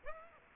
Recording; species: mosquito wingbeat signal from an infrared sensor; Aedes aegypti